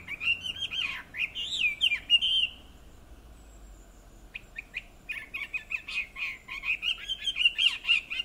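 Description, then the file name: Chinese hwamei song: rich whistled warbling, a brief silent gap, then renewed rapid varied phrases continuing to the end. "Garrulax canorus"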